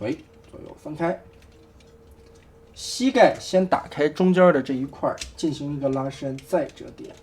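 Someone talks while handling a KO version of the Iron Factory TNT Skyfire plastic Transformers robot toy, spreading the legs apart, opening the middle of the knee section, stretching it and folding it, with faint small plastic handling sounds in between. The leg lock tab has not yet seated or clicked into the leg shell by the end.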